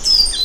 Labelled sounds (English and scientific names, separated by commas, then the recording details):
Stitchbird (Notiomystis cincta) song
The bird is a male
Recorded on Tiritiri Matangi Island, New Zealand, in 2005
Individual 3, of nest box 3